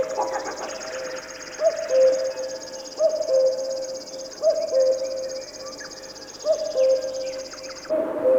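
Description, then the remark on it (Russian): Song of a river warbler by a small river: a steady, high, dry reeling trill, much like a grasshopper's chirring, runs almost without pause, while lower whistled notes repeat every second or two. “Нет, Сеня, это песня птицы.”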